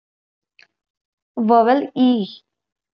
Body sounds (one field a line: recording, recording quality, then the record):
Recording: sustained vowel as in beet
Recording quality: excellent, no background noise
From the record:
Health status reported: healthy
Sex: female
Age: 23 years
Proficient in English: yes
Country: India